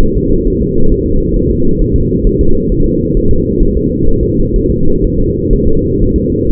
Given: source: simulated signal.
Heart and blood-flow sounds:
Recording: fetal heart sounds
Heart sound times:
0.03 s: S1
0.17 s: S2
0.47 s: S1
0.62 s: S2
0.92 s: S1
1.06 s: S2
1.36 s: S1
1.51 s: S2
1.81 s: S1
1.96 s: S2
2.27 s: S1
2.41 s: S2
2.72 s: S1
2.86 s: S2
3.17 s: S1
3.31 s: S2
3.62 s: S1
3.77 s: S2
4.09 s: S1
4.23 s: S2
4.56 s: S1
4.70 s: S2
5.04 s: S1
5.19 s: S2
5.53 s: S1
5.67 s: S2
6.02 s: S1
6.16 s: S2
6.50 s: S1
From the record:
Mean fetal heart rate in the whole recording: 130 bpm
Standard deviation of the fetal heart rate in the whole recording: 4 bpm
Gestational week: 38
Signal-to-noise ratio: -19.1 dB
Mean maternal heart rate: 72 bpm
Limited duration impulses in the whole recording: present

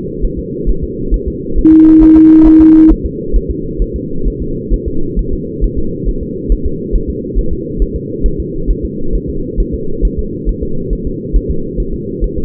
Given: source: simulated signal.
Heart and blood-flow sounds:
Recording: fetal heart sounds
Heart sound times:
0.25 s: S1
0.39 s: S2
0.69 s: S1
0.84 s: S2
1.14 s: S1
1.28 s: S2
1.58 s: S1
1.73 s: S2
2.03 s: S1
2.17 s: S2
2.47 s: S1
2.61 s: S2
2.91 s: S1
3.06 s: S2
3.36 s: S1
3.51 s: S2
3.82 s: S1
3.96 s: S2
4.28 s: S1
4.42 s: S2
4.74 s: S1
4.88 s: S2
5.19 s: S1
5.33 s: S2
5.64 s: S1
5.78 s: S2
6.09 s: S1
6.23 s: S2
6.52 s: S1
6.66 s: S2
6.95 s: S1
7.10 s: S2
7.38 s: S1
7.53 s: S2
7.82 s: S1
7.96 s: S2
8.26 s: S1
8.40 s: S2
8.70 s: S1
8.85 s: S2
9.15 s: S1
9.30 s: S2
9.60 s: S1
9.74 s: S2
10.05 s: S1
10.19 s: S2
10.49 s: S1
10.63 s: S2
10.93 s: S1
11.07 s: S2
11.36 s: S1
11.51 s: S2
11.80 s: S1
11.94 s: S2
12.24 s: S1
12.38 s: S2
From the record:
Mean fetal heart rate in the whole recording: 135 bpm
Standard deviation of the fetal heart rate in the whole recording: 3 bpm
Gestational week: 36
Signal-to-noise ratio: -8.1 dB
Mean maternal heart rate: 72 bpm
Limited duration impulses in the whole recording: present

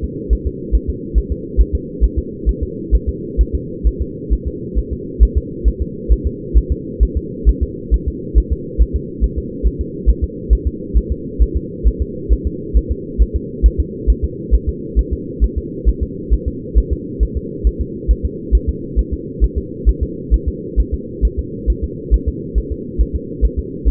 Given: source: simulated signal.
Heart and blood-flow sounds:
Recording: fetal heart sounds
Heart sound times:
0.04 s: S2
0.33 s: S1
0.47 s: S2
0.75 s: S1
0.89 s: S2
1.18 s: S1
1.32 s: S2
1.61 s: S1
1.75 s: S2
2.04 s: S1
2.19 s: S2
2.49 s: S1
2.63 s: S2
2.95 s: S1
3.09 s: S2
3.41 s: S1
3.55 s: S2
3.87 s: S1
4.02 s: S2
4.33 s: S1
4.47 s: S2
4.78 s: S1
4.93 s: S2
5.23 s: S1
5.37 s: S2
5.68 s: S1
5.82 s: S2
6.12 s: S1
6.27 s: S2
6.58 s: S1
6.72 s: S2
7.03 s: S1
7.17 s: S2
7.49 s: S1
7.63 s: S2
7.94 s: S1
8.08 s: S2
8.38 s: S1
8.52 s: S2
8.81 s: S1
8.96 s: S2
9.24 s: S1
9.38 s: S2
9.67 s: S1
9.81 s: S2
10.09 s: S1
10.24 s: S2
10.53 s: S1
10.67 s: S2
10.97 s: S1
11.12 s: S2
11.42 s: S1
11.57 s: S2
11.88 s: S1
12.02 s: S2
12.33 s: S1
12.47 s: S2
12.77 s: S1
12.91 s: S2
13.22 s: S1
13.36 s: S2
13.66 s: S1
13.80 s: S2
14.10 s: S1
14.24 s: S2
14.55 s: S1
14.69 s: S2
14.99 s: S1
15.13 s: S2
15.44 s: S1
15.58 s: S2
15.89 s: S1
16.03 s: S2
16.33 s: S1
16.48 s: S2
16.78 s: S1
16.92 s: S2
17.23 s: S1
17.37 s: S2
17.67 s: S1
17.81 s: S2
18.11 s: S1
18.25 s: S2
18.55 s: S1
18.69 s: S2
18.99 s: S1
19.13 s: S2
19.44 s: S1
19.58 s: S2
19.89 s: S1
20.03 s: S2
20.34 s: S1
20.48 s: S2
20.80 s: S1
20.94 s: S2
21.25 s: S1
21.39 s: S2
21.70 s: S1
21.84 s: S2
22.14 s: S1
22.28 s: S2
22.58 s: S1
22.72 s: S2
23.01 s: S1
23.15 s: S2
23.45 s: S1
23.59 s: S2
23.88 s: S1
From the record:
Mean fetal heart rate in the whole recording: 135 bpm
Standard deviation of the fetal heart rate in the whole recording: 3 bpm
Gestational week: 34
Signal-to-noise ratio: -4.1 dB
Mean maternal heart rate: no maternal heart sound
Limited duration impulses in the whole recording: absent

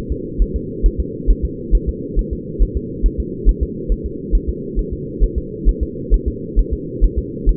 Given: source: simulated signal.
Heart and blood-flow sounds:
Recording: fetal heart sounds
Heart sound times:
0.12 s: S2
0.42 s: S1
0.56 s: S2
0.86 s: S1
1.00 s: S2
1.30 s: S1
1.45 s: S2
1.75 s: S1
1.89 s: S2
2.19 s: S1
2.33 s: S2
2.62 s: S1
2.77 s: S2
3.06 s: S1
3.20 s: S2
3.49 s: S1
3.63 s: S2
3.92 s: S1
4.06 s: S2
4.35 s: S1
4.49 s: S2
4.79 s: S1
4.93 s: S2
5.24 s: S1
5.38 s: S2
5.69 s: S1
5.83 s: S2
6.14 s: S1
6.28 s: S2
6.59 s: S1
6.73 s: S2
7.04 s: S1
7.19 s: S2
7.49 s: S1
From the record:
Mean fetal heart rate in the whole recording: 135 bpm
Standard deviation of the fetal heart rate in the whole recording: 3 bpm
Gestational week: 36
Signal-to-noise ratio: -4.1 dB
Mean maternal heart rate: no maternal heart sound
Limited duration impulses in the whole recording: absent

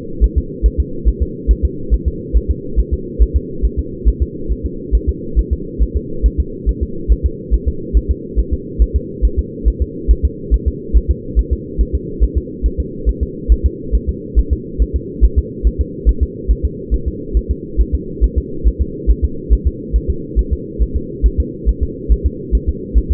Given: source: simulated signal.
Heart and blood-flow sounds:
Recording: fetal heart sounds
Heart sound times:
0.24 s: S1
0.38 s: S2
0.66 s: S1
0.80 s: S2
1.08 s: S1
1.22 s: S2
1.51 s: S1
1.65 s: S2
1.94 s: S1
2.08 s: S2
2.37 s: S1
2.51 s: S2
2.80 s: S1
2.94 s: S2
3.22 s: S1
3.37 s: S2
3.65 s: S1
3.79 s: S2
4.08 s: S1
4.22 s: S2
4.52 s: S1
4.66 s: S2
4.95 s: S1
5.09 s: S2
5.39 s: S1
5.53 s: S2
5.83 s: S1
5.97 s: S2
6.26 s: S1
6.40 s: S2
6.69 s: S1
6.83 s: S2
7.12 s: S1
7.26 s: S2
7.54 s: S1
7.68 s: S2
7.97 s: S1
8.11 s: S2
8.39 s: S1
8.53 s: S2
8.82 s: S1
8.96 s: S2
9.25 s: S1
9.39 s: S2
9.68 s: S1
9.82 s: S2
10.11 s: S1
10.25 s: S2
10.54 s: S1
10.68 s: S2
10.97 s: S1
11.11 s: S2
11.39 s: S1
11.53 s: S2
11.81 s: S1
11.95 s: S2
12.23 s: S1
12.38 s: S2
12.66 s: S1
12.80 s: S2
13.09 s: S1
13.23 s: S2
13.52 s: S1
13.66 s: S2
13.95 s: S1
14.09 s: S2
14.39 s: S1
14.53 s: S2
14.82 s: S1
14.96 s: S2
15.24 s: S1
15.38 s: S2
15.67 s: S1
15.81 s: S2
16.09 s: S1
16.23 s: S2
16.51 s: S1
16.65 s: S2
16.94 s: S1
17.08 s: S2
17.37 s: S1
17.51 s: S2
17.81 s: S1
17.95 s: S2
18.24 s: S1
18.38 s: S2
18.67 s: S1
18.82 s: S2
19.10 s: S1
19.25 s: S2
19.53 s: S1
19.67 s: S2
19.96 s: S1
20.10 s: S2
20.39 s: S1
20.53 s: S2
20.82 s: S1
20.96 s: S2
21.26 s: S1
21.40 s: S2
21.69 s: S1
21.83 s: S2
22.12 s: S1
22.26 s: S2
22.55 s: S1
22.69 s: S2
22.98 s: S1
23.12 s: S2
From the record:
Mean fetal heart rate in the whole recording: 140 bpm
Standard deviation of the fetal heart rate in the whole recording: 2 bpm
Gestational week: 34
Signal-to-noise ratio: -4.3 dB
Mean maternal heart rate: 72 bpm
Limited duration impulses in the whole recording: absent

